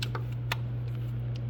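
A click-type torque wrench tightens an intake manifold bolt on a 2011 Ford Escape 3.0 during a valve cover gasket job. Faint ticks sit over a steady low hum, and the wrench gives a sharp click at 0.5 s as it breaks over at its setting, confirming the bolt has reached torque.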